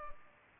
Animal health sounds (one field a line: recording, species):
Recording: mosquito wingbeat signal from an infrared sensor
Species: Culex pipiens